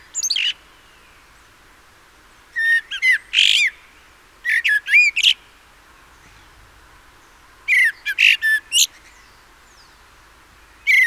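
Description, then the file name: Common blackbird giving clusters of short harsh notes a few seconds apart, with a lone note at the end. "Turdus merula"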